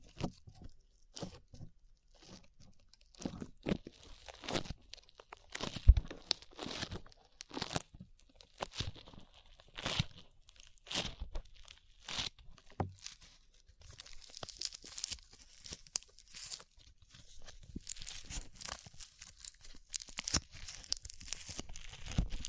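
Slime being squished and pulled, with sticky, wet crackles and sharp pops coming in quick, irregular bursts throughout. Louder snaps stand out near six and twelve seconds, and from about fourteen seconds a brighter, hissy crinkling runs under the clicks.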